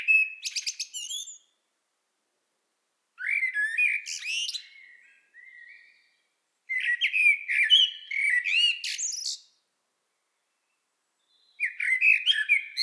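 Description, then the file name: Common blackbird singing: repeated phrases of low mellow whistles running into jumbled high squeaks and twitters, separated by pauses of a second or two. "Turdus merula"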